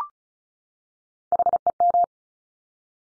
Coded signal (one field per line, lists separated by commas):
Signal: Morse code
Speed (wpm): 36 wpm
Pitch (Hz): 700 Hz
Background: none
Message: HEM